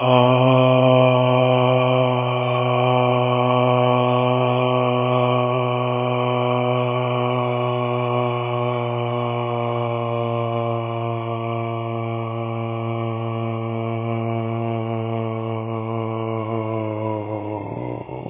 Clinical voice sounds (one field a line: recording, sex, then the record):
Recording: sustained vowel /a/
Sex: male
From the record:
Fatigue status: no fatigue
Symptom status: asymptomatic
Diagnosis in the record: COVID-19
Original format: 3gp